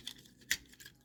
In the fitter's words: yeah there's no like slider or anything like that you just got to gravity it uh but it does click into place